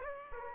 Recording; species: mosquito wingbeat signal from an infrared sensor; Aedes aegypti